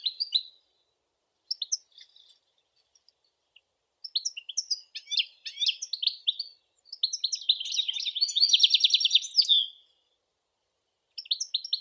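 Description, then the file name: European goldfinch song: short bursts of high, tinkling twitters separated by pauses, building into a dense, fast jingling run before a brief final flourish. "Golosa ptic - CSHegol Carduelis carduelis"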